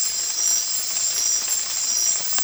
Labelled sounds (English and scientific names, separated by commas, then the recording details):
none
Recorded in dense forest near Puerto Asís, Putumayo, Colombia, on 8 March 2025 at 03:30
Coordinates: 0.503, -76.323
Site GP09